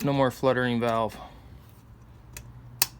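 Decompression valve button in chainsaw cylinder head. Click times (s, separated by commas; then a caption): 2.8 s. Someone talks over a 65cc Jonsered chainsaw after a new decompression valve, snugged just enough to crush its sealing washer, has been installed in the cylinder head to replace a fluttering one. After a faint tick at 2.4 s, the valve button is pressed and latches with a sharp pop at 2.8 s, the sound a working valve should make. The valve is seated.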